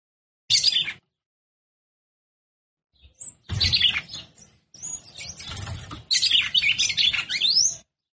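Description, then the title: Red-cowled cardinal song: a short high burst, a pause, then a long run of rapid, scratchy notes with brief breaks. Female bird; the song style is called "batendo fogo". "Canto Galo De Campina. Fêmea De Galo De Campina Batendo Fogo"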